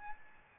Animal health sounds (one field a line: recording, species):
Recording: mosquito wingbeat signal from an infrared sensor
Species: Aedes albopictus